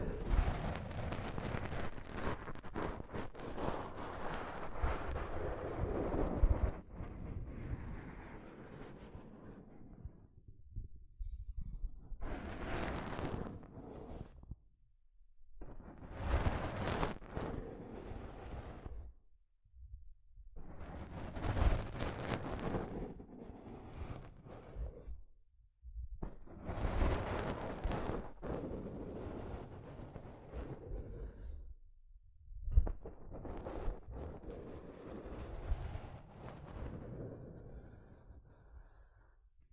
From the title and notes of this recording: ASMR Mic Brushing using Soft Fabric (No Talking).